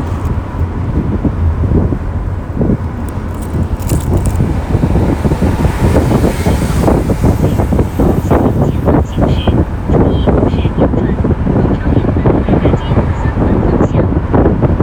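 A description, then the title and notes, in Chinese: A taxi drives at night with the windows open, a steady low road rumble and wind buffeting, with faint voices and passing traffic. 夏天的夜晚，开着窗，一辆出租车行驶在北京二环路上。环境音纯享，无对白。出租车行驶在夏夜里的北京二环路上。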